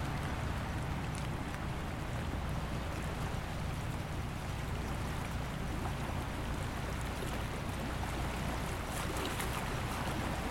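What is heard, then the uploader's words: Waves wash against the shore in a continuous, dense roar that holds steady for the whole stretch, with no clear breaks between sets. A deep rumble and low hum sit underneath, with brief crisp splashes and fizzing around the first and ninth seconds. Overlooking Cavello Bay which overlooks Great Sound. The sound of waves on the shore. Recorded by Mark Wilden.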